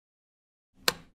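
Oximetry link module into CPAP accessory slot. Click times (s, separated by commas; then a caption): 0.9 s. An oximetry link module is pushed connector end first into the plastic accessory slot behind the opened accessory door of a Philips DreamStation CPAP device, plastic sliding into plastic. After silence, a low rumble of the module sliding in begins around 0.8 s, then a single sharp, bright click at 0.9 s fades out by about 1.1 s. The module is seated.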